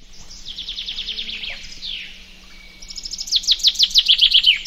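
Common chaffinch song: a descending trill ending in a downward sweep, a short gap, then a loud new phrase of rapid, bright, repeated notes; a low hum runs throughout.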